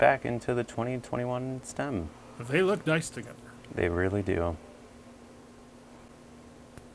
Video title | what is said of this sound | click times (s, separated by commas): Vaping tips - Guess The Tips - Part 2 | there's the click man | 6.8 s